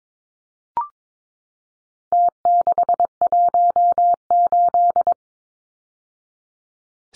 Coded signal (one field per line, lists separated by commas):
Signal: Morse code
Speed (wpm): 22 wpm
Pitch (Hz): 700 Hz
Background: none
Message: T618